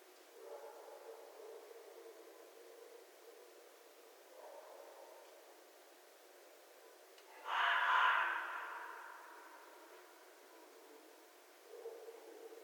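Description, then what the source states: Red fox uttering a single rough, scratchy call of about a second, with faint low sounds before and after against steady hiss. Recorded 11 January 2012.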